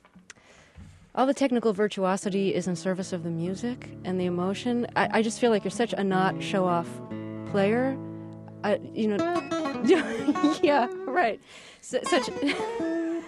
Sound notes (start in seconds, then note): 8.1 soundbite of guitar strumming; 9.8 soundbite of laughter